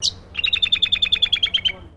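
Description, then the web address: Brown honeyeater giving one sharp high note, then a rapid, evenly spaced series of bright chipping notes. "Sound Effects-Foundation 1 BIRD BROWN HONEY EATER CALL"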